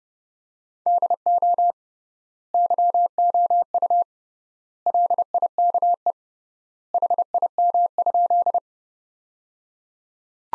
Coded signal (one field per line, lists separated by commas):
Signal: Morse code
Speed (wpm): 29 wpm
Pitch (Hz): 700 Hz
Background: none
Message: DO YOU LIKE HIM?